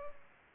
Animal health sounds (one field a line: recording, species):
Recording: mosquito wingbeat signal from an infrared sensor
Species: Culex pipiens